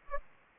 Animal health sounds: mosquito wingbeat signal from an infrared sensor; Aedes aegypti

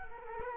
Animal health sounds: mosquito wingbeat signal from an infrared sensor; Culex quinquefasciatus

